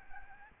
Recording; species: mosquito wingbeat signal from an infrared sensor; Aedes albopictus